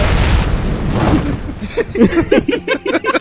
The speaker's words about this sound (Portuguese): O cara era o espírito de fogo, então quando ele morre, ele se liberta. É uma implosão. E deve ser aquela explosão que vai puxando, sacolé? Antes de explodir, até aquela